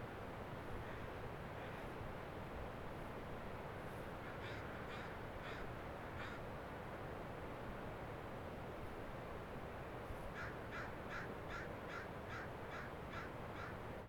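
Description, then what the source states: Crow caws, a short burst of harsh calls midway, then a rapid even series of about nine caws near the end over steady low rumble. At dawn.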